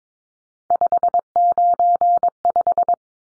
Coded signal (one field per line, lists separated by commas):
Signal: Morse code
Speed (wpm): 22 wpm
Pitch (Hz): 700 Hz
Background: none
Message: 595